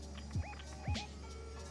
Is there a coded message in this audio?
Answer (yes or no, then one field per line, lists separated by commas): no